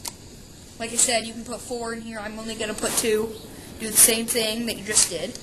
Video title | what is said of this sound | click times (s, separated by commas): Demonstration Speech On How To Load A 20 Gauge Shotgun | you'll hear it click and that'll pop back up | 0.1 s